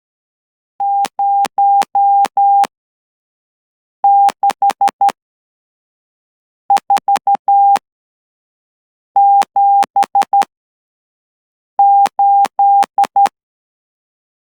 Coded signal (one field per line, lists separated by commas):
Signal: Morse code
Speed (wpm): 12 wpm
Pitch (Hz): 800 Hz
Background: none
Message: 06478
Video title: Latihan Mengekod CW pada 12WPM | Persediaan Tx OCW SKMM | Encoding Morse Code at 12WPM